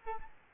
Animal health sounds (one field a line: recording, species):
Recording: mosquito wingbeat signal from an infrared sensor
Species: Aedes albopictus